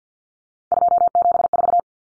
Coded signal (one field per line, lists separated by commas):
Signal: Morse code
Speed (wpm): 50 wpm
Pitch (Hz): 700 Hz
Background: none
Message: 274